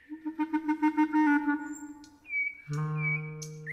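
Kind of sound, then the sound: bird, nightingale singing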